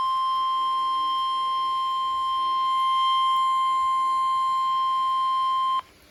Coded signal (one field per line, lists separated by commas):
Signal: Emergency Alert System (SAME) tones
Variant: 1050 Hz attention tone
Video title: EAS #1397-1399 Tornado Warning 8-9-21